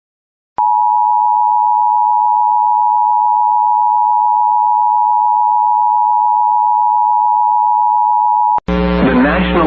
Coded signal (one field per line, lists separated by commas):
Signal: Emergency Alert System (SAME) tones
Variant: 853 and 960 Hz attention tone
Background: speech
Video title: EAS Recreation Mock: More SVR's? Yes please!